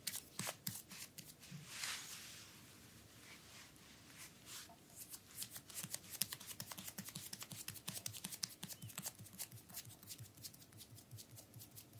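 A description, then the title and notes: A bamboo massage with a dense, fast run of crisp clicks and light taps that carries on through the whole clip. A soft rubbing swell rises near two seconds, and a low rhythmic thumping pulses underneath, growing busier after six seconds. ASMR Full body massage with bamboo.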